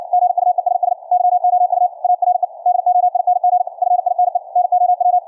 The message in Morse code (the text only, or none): GUESS YOU ARE DOING FINE NOW